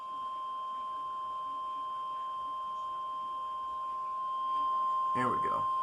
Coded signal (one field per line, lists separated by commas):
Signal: Emergency Alert System (SAME) tones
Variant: 1050 Hz attention tone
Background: speech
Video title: EAS #325: Required Weekly Test - Indiana (4/29/2020) (KEC74)